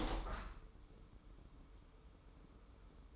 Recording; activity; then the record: daily activity, microphone in the room; open window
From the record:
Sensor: 1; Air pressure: 995.8 hPa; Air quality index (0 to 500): 44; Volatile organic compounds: 1 ppm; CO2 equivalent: 771 ppm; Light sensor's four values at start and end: 30/103/39/41 and 31/104/40/42